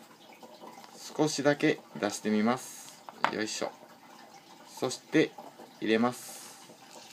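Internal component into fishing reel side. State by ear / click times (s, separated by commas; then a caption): not seated / none. During reassembly maintenance of a Daiwa 17 Tatula SV TW baitcasting reel, an internal component is eased slightly out and then pushed back into the side of the reel while someone talks over faint handling noises. The clip ends just before the part goes home; nothing has seated or clicked yet.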